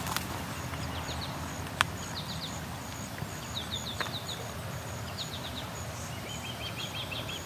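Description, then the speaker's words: Osprey calls, short whistled chirps in quick runs, repeated steadily over a constant low background rumble. Two ospreys present, one standing over a nest; calling non-stop, possibly a young bird; Kaufman Flats along the Grand River, Waterloo, Ontario. "And this osprey is making a non-stop call."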